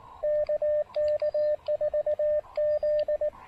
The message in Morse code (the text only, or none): KK4Z